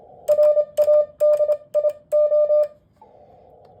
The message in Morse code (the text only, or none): RADIO